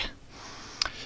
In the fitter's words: way just push it in and it locks into place you'll hear it click all